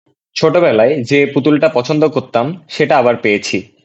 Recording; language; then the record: elicited speech; Bengali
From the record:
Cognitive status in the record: cognitively healthy